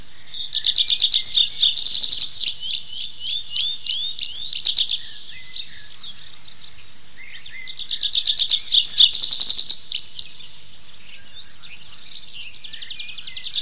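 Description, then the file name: Tree pipit song: two phrases, each a fast, even trill of high chirps easing into slower, drawn-out descending slurred notes, with quiet gaps between. "lesnoj konek anthus trivialis"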